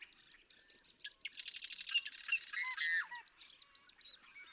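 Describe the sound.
Marsh Wren song: a short buzzy rattle running into a dense churring burst, among softer repeated notes.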